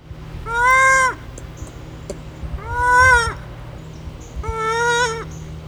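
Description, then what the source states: Ring-tailed lemur giving three high, drawn-out harmonic wails, each under a second long, roughly every two seconds, with faint clicks and low hum between them. Late high wails.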